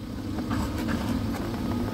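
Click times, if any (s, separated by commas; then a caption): none. A plastic multi-pin instrument cluster wiring connector on a Ford Mondeo 3 2.0 TDCi is worked into the instrument panel socket in a cramped spot and lined up with it. There is a low, steady rumble with faint rustling handling sounds and no talk. Nothing has seated or clicked yet; the self-locking lever has not been pressed down.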